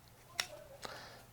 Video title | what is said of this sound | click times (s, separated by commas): Jetboil Flash 1.0L Review - Surprisingly Great Updates to The Most Popular Backpacking Stove | So this foot actually clicks into here, | 0.4 s